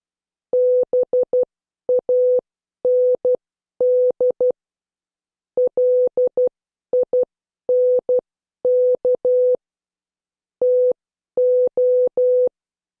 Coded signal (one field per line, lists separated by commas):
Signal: Morse code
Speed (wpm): 12 wpm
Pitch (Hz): 500 Hz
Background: none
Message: BAND LINK TO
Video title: Morse Code Class 10